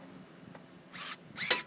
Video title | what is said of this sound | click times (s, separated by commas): How To Simply Change Brake Calipers, Rotors, and Pads Lexus GS300 | and right here you'll hear a pop | 1.5 s